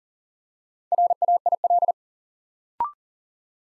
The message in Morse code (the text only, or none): RAIL